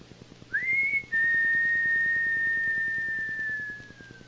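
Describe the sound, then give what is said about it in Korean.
A man crouching on a windy street whistles a clear, fairly loud note that swoops upward, breaks briefly, then holds one long tone that slowly sags in pitch, over a faint, steady low pulsing beat. “그리고 바람 부는 거리에 웅크리고 앉아 휘파람을 붑니다.”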